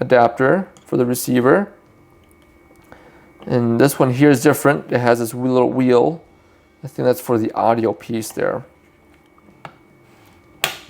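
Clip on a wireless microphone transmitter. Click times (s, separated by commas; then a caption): 10.6 s. Someone talks while handling a DJI Mic 2 wireless microphone transmitter, with a few faint handling ticks near 9.4 s and 9.7 s during a pause. At 10.6 s the plastic clip on the transmitter snaps sharply and locks in place, unlike the other clip, which only moves up and down with no lock.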